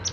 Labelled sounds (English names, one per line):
Palm Warbler flight call